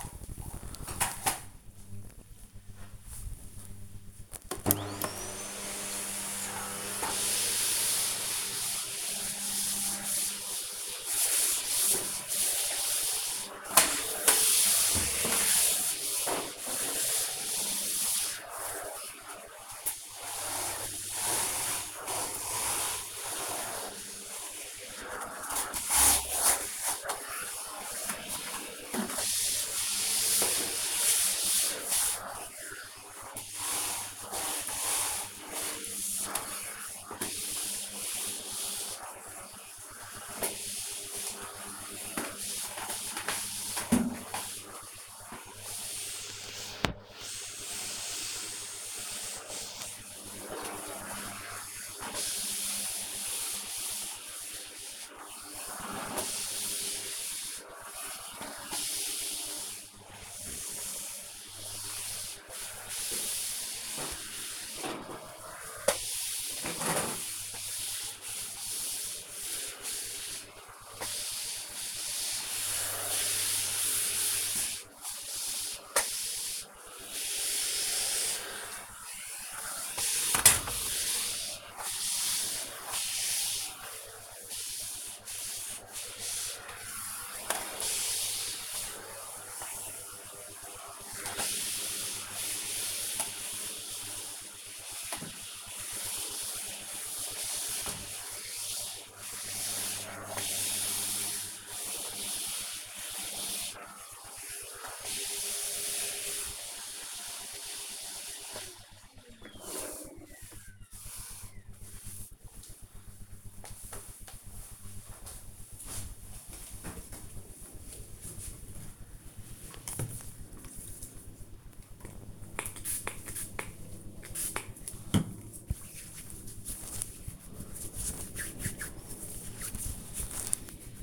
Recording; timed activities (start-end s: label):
household activities, microphone on the right wrist
0.68-106.54 s: vacuum cleaning
121.66-131.03 s: disinfecting hands